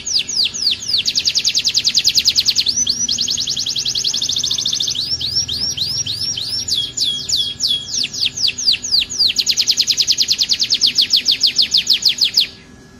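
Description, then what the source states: Atlantic canary singing continuously, rapid high trills alternating with slower downward-sweeping whistles, then a fast rolling trill to the end. Canary singing in the "kalitan" song style, a "gela gelo" variant.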